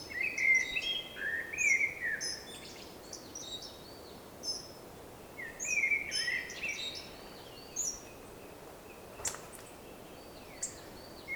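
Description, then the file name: Hawfinch calls: short sharp ticks and downslurred notes in loose bursts over a steady hiss of background noise, with a brief click near the end. "Coccothraustes coccothraustes hawfinch song and call"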